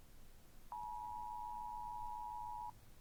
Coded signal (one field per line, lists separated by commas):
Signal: Emergency Alert System (SAME) tones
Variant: 853 and 960 Hz attention tone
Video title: Raboot rating eas alarms